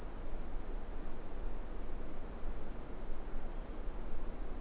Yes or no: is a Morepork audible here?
no